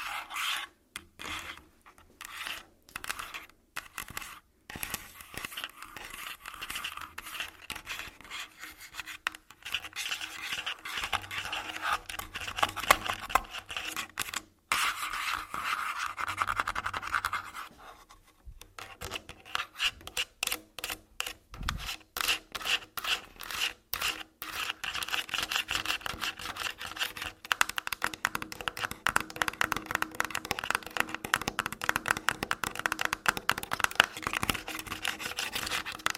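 Tapping and scratching on a body, with quick taps and rasping, rubbing scratches running through the whole 36 seconds. The strokes come in uneven bursts, sometimes dense, sometimes broken by brief pauses, with a few sharper single taps and a soft low thump near the middle.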